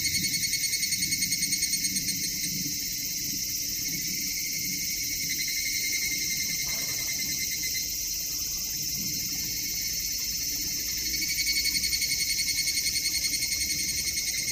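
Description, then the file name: Evening cicada song, a dense shrill high-pitched trill that swells louder near the start and again toward the end. "higurashi"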